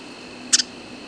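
Ruby-crowned kinglet giving one sharp, very high double note, brief and clipped, against faint steady hiss.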